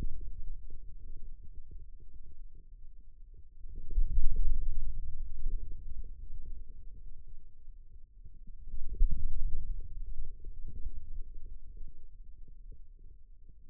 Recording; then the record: forearm muscle sounds (acoustic myography)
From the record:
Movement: inward rotation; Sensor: system 2, bracelet of six BSWA MPA416 microphones around the upper forearm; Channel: 2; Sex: male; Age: 22 years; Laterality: right